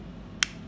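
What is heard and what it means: A thin flat screwdriver is worked slowly into the seam of a plastic car remote key fob for a Ford Focus with start-stop to pry its two snap-fit shell halves apart. A single sharp click sounds at 0.4 s over a quiet low hum. The snap clips release and the shell comes open in two halves.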